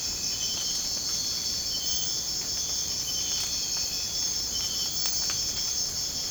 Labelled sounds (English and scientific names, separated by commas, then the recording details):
none
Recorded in secondary vegetation near Puerto Asís, Putumayo, Colombia, on 24 March 2025 at 03:30
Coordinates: 0.485, -76.322
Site G040